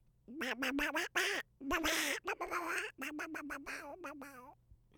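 Duck quacking in quick, harsh nasal bursts, several runs of rapid calls broken by brief pauses, over a faint low steady hum.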